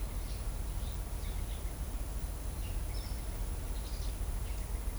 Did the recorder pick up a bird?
no